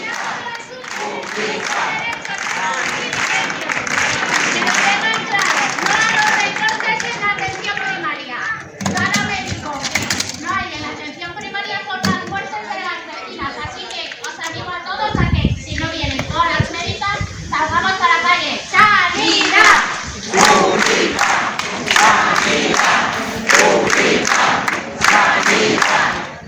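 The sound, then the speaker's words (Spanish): A large crowd of hundreds of people protesting in Casetas, a Zaragoza neighbourhood, on a Wednesday against the dismantling of its health centre, with many voices chanting together in rhythmic waves and bursts of clapping. The dense, loud noise keeps up steadily throughout, with shouts rising above it at moments. “Porque hablamos de pueblos, pero en este caso estáis escuchando a los cientos de personas que se movilizaban en Casetas este pasado miércoles, porque, claro, decir que se está desmantelando el centro de salud de este barrio zaragozano,”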